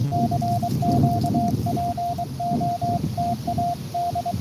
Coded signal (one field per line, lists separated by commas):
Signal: Morse code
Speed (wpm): 23 wpm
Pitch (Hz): 700 Hz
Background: none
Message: CQ POTA D